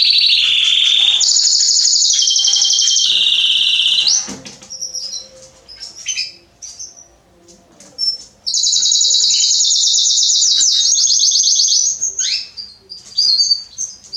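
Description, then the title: Canary song, long loud rapid trills switching pitch in steps, a quieter stretch of scattered notes in the middle, then another sustained buzzing trill. Male Belgian canary singing a lot, used to warm up young canaries; named Canário Pastinha. "Esquente Seu Filhote E Canario Belga Em 30 Minutos Macho Cantando Muito. Esquente seu canrio belga em 30 minutos - Canrio Pastinha cantando"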